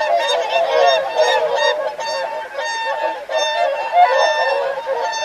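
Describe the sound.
Whooper swans in a dense, loud chorus of trumpeting calls, many birds bugling at once with little pause.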